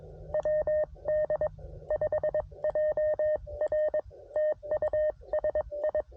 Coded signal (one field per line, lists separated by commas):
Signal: Morse code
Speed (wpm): 22 wpm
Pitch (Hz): 610 Hz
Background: none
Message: WD5JR TU SI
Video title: CW POTA With The CFT1 Transceiver